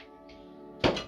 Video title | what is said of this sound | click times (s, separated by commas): NEW BRIO Mega Spiral & Pull Back Train Sets UNBOXED | That sort of clicks in. That is quite a nice sound. | 0.8 s